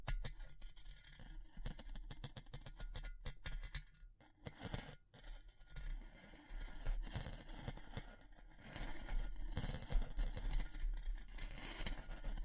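Wood, bamboo and straw are handled in a run of dry clicks, taps and crackles, dense and fairly quick through the first four seconds. After a brief pause near the five-second mark, the sound turns to rustling and scratching, growing busier and louder toward the end.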